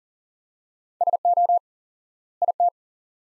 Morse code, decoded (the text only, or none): SO IT